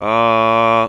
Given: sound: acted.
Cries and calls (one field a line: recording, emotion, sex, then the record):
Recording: nonverbal affect burst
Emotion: neutral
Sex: male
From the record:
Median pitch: 113 Hz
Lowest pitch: 91 Hz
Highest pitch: 116 Hz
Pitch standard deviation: 4 Hz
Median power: 80.9 dB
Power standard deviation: 5.6 dB